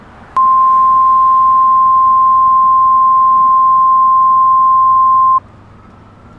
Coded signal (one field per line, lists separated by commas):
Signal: Emergency Alert System (SAME) tones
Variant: 1050 Hz attention tone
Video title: EAS Scenario: Yukina Part 4